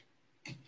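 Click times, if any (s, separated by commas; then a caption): 0.5 s. A plastic building brick is pressed into place underneath a brick assembly while finishing the ISS 21321 build. After a quiet stretch, a single sharp click lands at about 0.5 s and fades quickly. The brick clicks onto the bottom and is seated.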